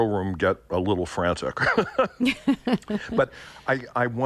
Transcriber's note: laughter